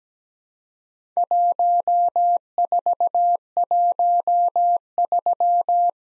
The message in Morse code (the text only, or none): 1413